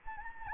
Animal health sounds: mosquito wingbeat signal from an infrared sensor; Anopheles gambiae

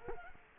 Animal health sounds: mosquito wingbeat signal from an infrared sensor; Culex quinquefasciatus

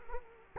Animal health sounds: mosquito wingbeat signal from an infrared sensor; Culex quinquefasciatus

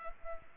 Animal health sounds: mosquito wingbeat signal from an infrared sensor; Culex pipiens

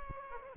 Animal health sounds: mosquito wingbeat signal from an infrared sensor; Aedes aegypti

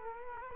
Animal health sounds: mosquito wingbeat signal from an infrared sensor; Culex quinquefasciatus

